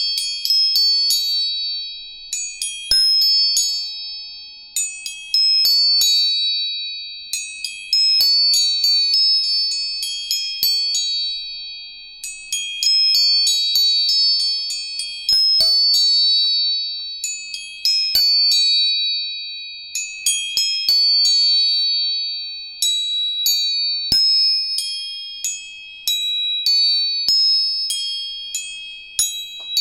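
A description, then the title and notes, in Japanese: Tuning forks are struck again and again, one steady high ringing tone holding through the whole clip. Every two or three seconds a new strike adds bright, bell-like upper tones that fade slowly, with sharp taps at each contact. Otherwise quiet. 音叉チューニング。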